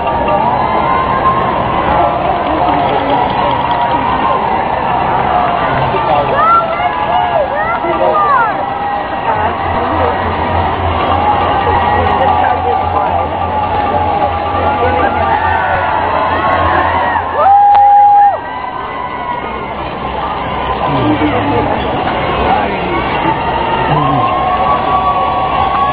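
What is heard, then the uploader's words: A crowd of people talking over one another fills the whole stretch at an even, dense level, with voices rising and falling. A low steady hum runs underneath from about 9 to 18 seconds, and a brief louder tone cuts in around 17 seconds. NYC MARATHON 2017 - New York City FUN Moments. Misty rain, and some typically odd people watching & participating.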